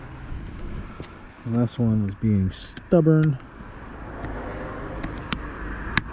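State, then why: Released. Someone talks while pushing on a stubborn plastic retaining clip of the exterior A-pillar/roof molding on a 2019 Honda CR-V. After a few faint clicks and rustles, a sharp pop at 6.0 s marks the clip releasing, leaving the molding loose.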